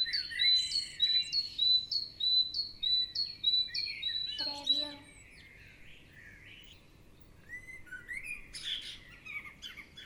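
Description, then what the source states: Quick repeated bird chirps, a brief harsh lower call around four seconds, then scattered high twittering. Birds in the morning.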